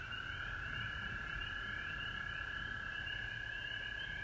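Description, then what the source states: Frog chorus, bright steady tone with quickly repeated rising chirps layered above, many callers at once, constant throughout, low rumble below. Frogs recorded at home in Georgia on March 19, 2020.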